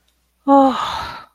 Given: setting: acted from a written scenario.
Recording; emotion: vocal sound without words; relief